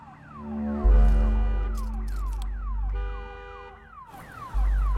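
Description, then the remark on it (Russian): A car alarm, set off by a woman pressing the alarm button on a key fob pointed toward a window, blares, cycling through rapid rising and falling electronic tones, switching to a new pattern every second or so, loud over a steady low rumble. “Наконец, под журналами и письмами на столике, она находит ключи и направляет брелок в сторону окна, нажимая на кнопку управления сигнализацией.”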